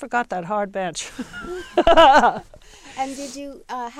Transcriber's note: they laugh